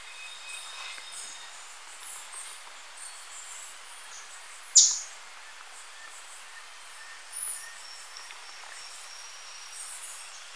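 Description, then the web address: Flavescent flycatcher call: a single piercing, high, downslurred note midway, then a fainter note later, over a steady background hiss. Recorded in Ecuador. "Birds of Ecuador Flavescent Flycatcher"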